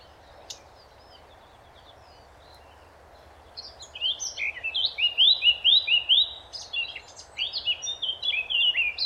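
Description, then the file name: Eurasian blackcap song: quiet at first, then a rich, fast, varied warble of high twisting notes starting after about three and a half seconds and continuing to the end. "Sylvia atricapilla"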